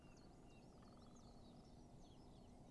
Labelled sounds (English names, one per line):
Great Spotted Woodpecker